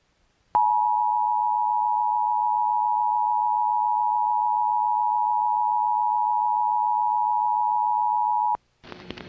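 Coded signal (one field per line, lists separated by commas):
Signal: Emergency Alert System (SAME) tones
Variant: 853 and 960 Hz attention tone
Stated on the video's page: Real Flash Flood Warning broadcast on KUSA-TV 9, Denver, Colorado.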